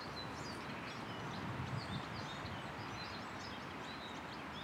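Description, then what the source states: Siskins singing, a jumble of high, quick twittering notes repeated throughout, over constant low background rumble and hiss. Siskins singing up in the trees in a spring equinox woodland beside a stream with an oxbow pool in Monmouthshire.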